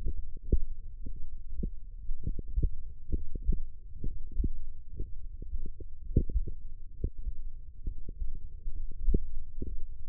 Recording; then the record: forearm muscle sounds (acoustic myography)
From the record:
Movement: tripod grip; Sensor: system 1, eight BSWA MPA416 microphones around the upper forearm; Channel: 6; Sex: male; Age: 23 years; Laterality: right